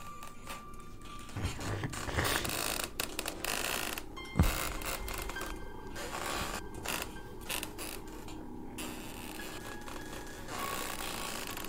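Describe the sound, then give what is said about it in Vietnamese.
A wooden weaving loom in a storehouse creaks and clacks in an uneven, repeating rhythm, with rubbing wooden groans and a sharper knock partway through; no one speaks. “Ở gian nhà kho bên kia, tiếng khung cười của ông bà bắt đầu vang lên. Âm thanh lạ lắm, kẽo ca kẽo kẹt.”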